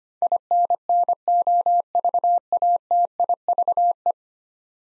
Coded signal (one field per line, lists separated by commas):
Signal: Morse code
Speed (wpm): 25 wpm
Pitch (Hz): 700 Hz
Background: none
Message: INNOVATIVE